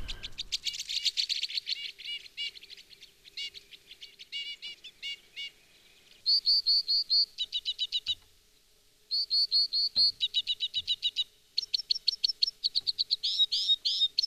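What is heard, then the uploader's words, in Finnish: A Two-barred Crossbill sings in a varied stream of high chirps and buzzy notes, then from about six seconds shifts into loud, rapid trilled phrases, pausing near eight seconds before resuming. A faint steady hum runs underneath, with a few low thumps. Kirjosiipikäpylintu.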